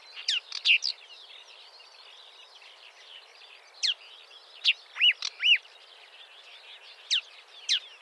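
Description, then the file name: Marsh warbler song: scattered loud, slurred whistles and sharp notes set against a quieter, continuous background of fine twittering. "suara kicauan burung marsh warbler. omkicau"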